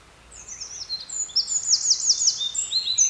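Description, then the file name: Eurasian wren song fragment: a quick series of high, sharp notes forming a short trill, rising in loudness toward the end. "Troglodytes troglodytes"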